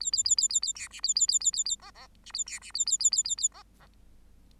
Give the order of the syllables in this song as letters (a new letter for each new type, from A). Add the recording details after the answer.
A A A A A A B C A A A A A A D D C A B C A A A A A A D D. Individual Bird8